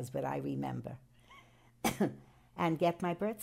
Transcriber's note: coughs